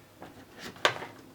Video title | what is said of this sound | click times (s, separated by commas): EDC Waterproof Kit | and snap down. You can hear it snapping. | 0.8 s